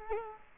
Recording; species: mosquito wingbeat signal from an infrared sensor; Culex quinquefasciatus